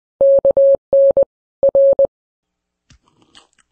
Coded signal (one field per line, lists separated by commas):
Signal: Morse code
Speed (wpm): 20 wpm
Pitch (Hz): 550 Hz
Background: none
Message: KN R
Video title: The Simpsons Presents: Steamed Hams - Morse Code: Part 2